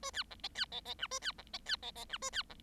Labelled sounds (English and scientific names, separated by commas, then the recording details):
Bengalese Finch (Lonchura striata domestica) song
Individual Bird7